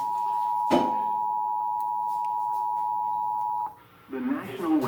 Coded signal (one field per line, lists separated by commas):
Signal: Emergency Alert System (SAME) tones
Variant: 853 and 960 Hz attention tone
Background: speech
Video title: 2 Severe Thunderstorm Warnings over KORO-TV. (EAS Alerts #6 - 7)